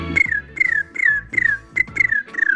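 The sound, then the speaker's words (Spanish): A whistled imitation of a little bird's call introducing the "me lo contó un pajarito" segment of the program El Monte Humeando: six short, bright notes, each sliding downward in pitch, repeated at a steady, quick rhythm over a soft low hum, with no talking. “Con ustedes, me lo contó un pajarito.”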